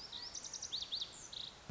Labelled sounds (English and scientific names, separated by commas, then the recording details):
Lazuli Bunting (Passerina amoena)
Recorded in Sonoma County, California